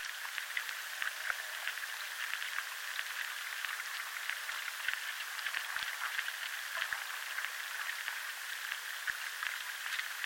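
Underwater life in a chalk river: a steady, dense crackle of tiny clicks and ticks fills the whole ten seconds. Sharper snaps pop out irregularly, several per second, over a constant hiss, with nothing low or rumbling underneath.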